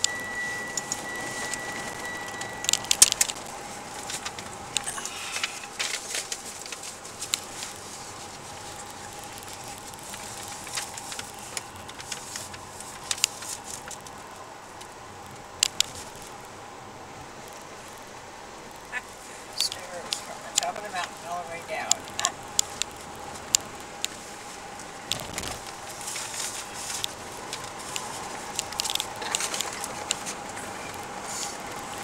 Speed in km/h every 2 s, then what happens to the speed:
58, 55, 50, 51, 52, 51, 49, 49, 48, 49, 51, 55, 56, 58, 64, 69.
0-4 slows to 50. 4-18 steady at about 49. 18-32 speeds up to 69.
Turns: 8-17.